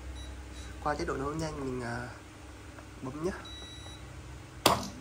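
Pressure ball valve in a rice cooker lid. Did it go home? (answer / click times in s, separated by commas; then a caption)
yes / 4.7 s. A Tiger 1.8 L induction-heating pressure rice cooker is switched to quick-cook mode as someone talks, with a few faint beeps in the background. At 4.7 s the pressure ball valve in the lid clicks closed with a sharp, bright snap, possibly mixed with a control-panel beep, showing that pressure is active.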